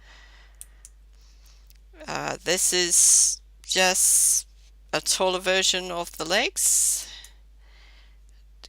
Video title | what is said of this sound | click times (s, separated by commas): Otto+ with arms on Thingiverse | clicked into place so it's just like a key version you slot it in and turn this | 0.6 s